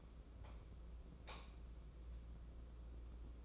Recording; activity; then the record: daily activity, microphone in the room; light on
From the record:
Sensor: 1